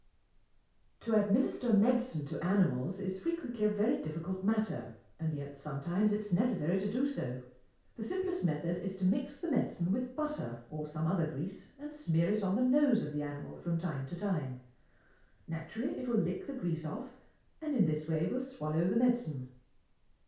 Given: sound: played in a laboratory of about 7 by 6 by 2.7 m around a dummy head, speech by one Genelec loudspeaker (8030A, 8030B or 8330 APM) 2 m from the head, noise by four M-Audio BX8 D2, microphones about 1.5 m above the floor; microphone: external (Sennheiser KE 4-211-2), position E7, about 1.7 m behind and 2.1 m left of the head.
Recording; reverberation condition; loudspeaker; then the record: female speech in English; medium; 90 degrees to the left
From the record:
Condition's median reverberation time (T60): about 510 ms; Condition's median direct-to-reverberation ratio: about -0.5 dB